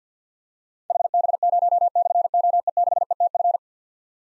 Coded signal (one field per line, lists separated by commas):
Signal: Morse code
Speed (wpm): 47 wpm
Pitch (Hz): 700 Hz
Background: none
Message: HB0/OE6ETF